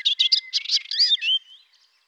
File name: Hypolais polyglotte